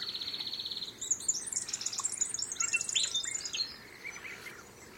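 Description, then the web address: Bird calls: a short even buzzy trill opens, then a busy run of high, rapid chirps and twitters that fades into a soft hiss. Unidentified bird calls recorded in mangroves. "Sound Effects-Foundation 1 BIRD UNKNOWN MAGROVES"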